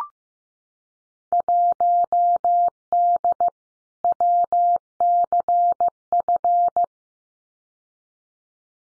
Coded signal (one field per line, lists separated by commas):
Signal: Morse code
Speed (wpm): 15 wpm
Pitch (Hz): 700 Hz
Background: none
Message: 1D WCF